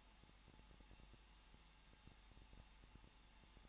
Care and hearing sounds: daily activity, microphone in the room; no activity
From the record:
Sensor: 1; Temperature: 20.1 degrees Celsius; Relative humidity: 39.4%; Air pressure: 1006.4 hPa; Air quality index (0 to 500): 218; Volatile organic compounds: 80 ppm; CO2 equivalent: 3605 ppm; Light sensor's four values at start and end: 1/2/1/1 and 1/2/1/1

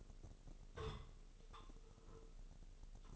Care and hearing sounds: daily activity, microphone in the room; take from stove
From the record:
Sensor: 4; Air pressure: 996.2 hPa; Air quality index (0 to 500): 76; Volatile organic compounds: 3 ppm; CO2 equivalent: 1434 ppm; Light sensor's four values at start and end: 18/50/19/21 and 18/50/19/21

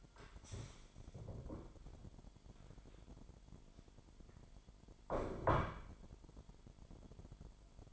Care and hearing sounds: daily activity, microphone in the room; stand up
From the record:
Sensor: 5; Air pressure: 998.6 hPa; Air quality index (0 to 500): 84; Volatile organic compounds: 1 ppm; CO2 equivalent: 961 ppm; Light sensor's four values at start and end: 42/101/42/47 and 41/100/41/46

